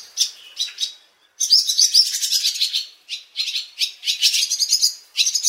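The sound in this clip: Barn Swallow twittering: rapid, scratchy high chirps in bursts, with a short pause near the one-second mark before a dense run of chattering notes.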